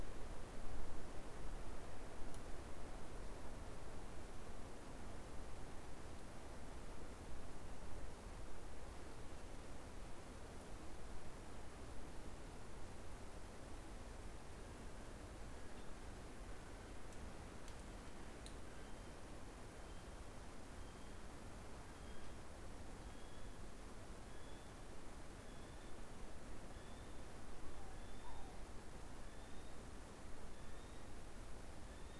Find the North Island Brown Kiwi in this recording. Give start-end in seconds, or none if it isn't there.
14.48-32.20